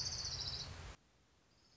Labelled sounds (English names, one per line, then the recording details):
Orange-crowned Warbler
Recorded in Sonoma County, California